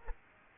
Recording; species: mosquito wingbeat signal from an infrared sensor; Aedes aegypti